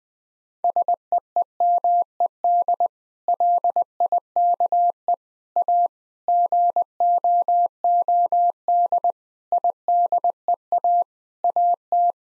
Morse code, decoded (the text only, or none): SEEMED LIKE A GOOD IDEA AT